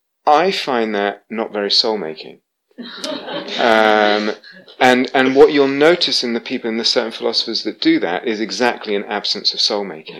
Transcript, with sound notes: I find that not very soulmaking. [laughter] And what you'll notice in the people, in the certain philosophers that do that, is exactly an absence of soulmaking.